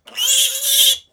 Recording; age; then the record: pig call; piglet (1 to 25 days)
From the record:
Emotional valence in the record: negative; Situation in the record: restrain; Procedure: back test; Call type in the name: high-frequency call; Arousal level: maximum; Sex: female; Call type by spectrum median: high-frequency call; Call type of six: high-frequency stable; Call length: 1.13 s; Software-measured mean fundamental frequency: 280 Hz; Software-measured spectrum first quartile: 3377 Hz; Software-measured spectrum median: 5714 Hz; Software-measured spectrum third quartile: 9036 Hz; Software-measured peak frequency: 3178 Hz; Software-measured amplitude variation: 174 dB a second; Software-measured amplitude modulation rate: 18.1 a second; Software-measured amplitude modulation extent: 9.6 dB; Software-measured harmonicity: 4.0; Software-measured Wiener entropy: -2.42